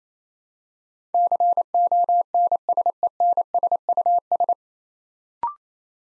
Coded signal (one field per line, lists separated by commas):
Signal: Morse code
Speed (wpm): 27 wpm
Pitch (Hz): 700 Hz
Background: none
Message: CONSENSUS